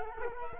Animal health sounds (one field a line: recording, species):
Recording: mosquito wingbeat signal from an infrared sensor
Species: Culex quinquefasciatus